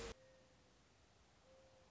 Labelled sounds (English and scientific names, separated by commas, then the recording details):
Mourning Dove (Zenaida macroura)
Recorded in Sonoma County, California